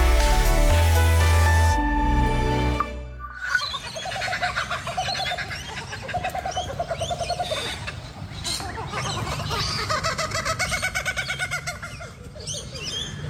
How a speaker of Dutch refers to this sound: Lieselot Daverveld hoorde in het Australische Gladstone de Kookaburra. Een grote vogel uit de familie van de ijsvogels met een zware snavel. En een, ja, lichtelijk absurd geluid dat bijna doet denken aan dat van een aap.